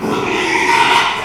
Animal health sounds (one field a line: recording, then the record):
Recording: squeal of a Yucatan mini pig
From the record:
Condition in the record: after surgery on the right vocal fold (resection and tissue-engineered implant)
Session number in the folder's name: 1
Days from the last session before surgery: 6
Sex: male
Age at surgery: 12 weeks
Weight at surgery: 13 kg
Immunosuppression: cyclosporine, prednisolone